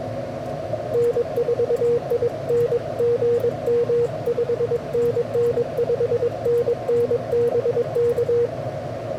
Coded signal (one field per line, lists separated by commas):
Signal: Morse code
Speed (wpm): 22 wpm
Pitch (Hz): 480 Hz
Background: radio noise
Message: N4IN GM 5NN 5NN BK